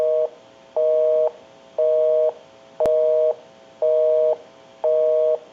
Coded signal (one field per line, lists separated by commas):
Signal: telephone call progress tone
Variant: North America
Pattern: busy tone